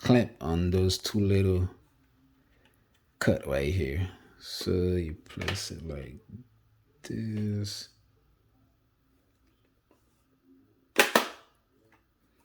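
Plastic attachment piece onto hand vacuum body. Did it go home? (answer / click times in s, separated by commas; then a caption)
yes / 11.0 s, 11.2 s. Someone talks while a plastic attachment piece is lined up with two small cut-outs on a cordless Ryobi 18V ONE+ hand vacuum and pushed on until it clamps. A sharp double click at 11.0 s and 11.2 s shows the attachment seating into place.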